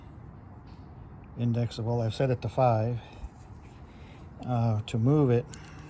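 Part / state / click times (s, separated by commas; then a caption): combination square head in the rule's index detent / not seated / none. Someone talks in two short bursts over a low, steady background hiss while handling the head of a metal combination square on its rule, set to the index detent position. The head has not seated or clicked into the detent yet, and no click is heard in the clip.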